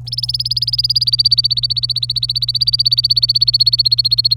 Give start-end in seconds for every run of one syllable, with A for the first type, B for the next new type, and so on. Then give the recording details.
0.07-4.37 A. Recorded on 27 April 2018 at 15:41. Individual llb3